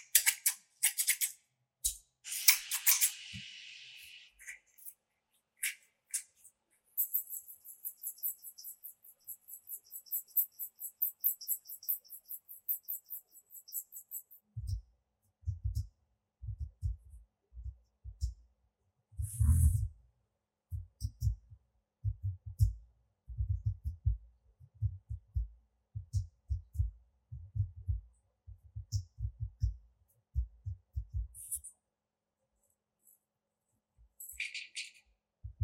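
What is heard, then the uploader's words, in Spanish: Nano tape being stretched into a bubble: sharp crackling and sticky peeling bursts in the first few seconds, then a fine, bright ticking texture from about 7 to 14 seconds. After that, soft low thumps and squishy pops repeat irregularly until the end. Sonido de la creación de una burbuja de cinta adhesiva Nano Tape o doble contacto. Sonidos de la cinta nano tape.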